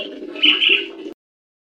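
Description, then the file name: Leafbird song, a short burst of chattering whistled notes, cutting off abruptly, with a low hum beneath. "cucak-hijau-mini omkicau"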